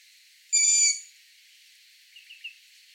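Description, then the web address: Long-eared Owl giving one harsh, squealing call of about half a second, followed by faint soft chirps over a steady high hiss. "asio otus call"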